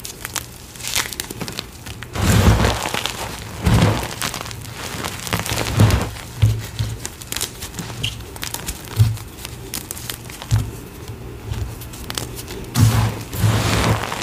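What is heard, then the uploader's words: Gym chalk is carved and crushed, giving dry, gritty scrapes and crunches in irregular bursts every second or two, with the densest ones near the start and end. A faint low hum runs steadily underneath. Carving gym chalk asmr, including crushing a crispy, crunchy reformed gym chalk into a gym chalk bomb.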